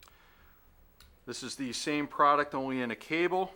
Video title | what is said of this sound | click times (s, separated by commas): Inspection | and then when it comes back it locks into place into a strong locking position | 1.0 s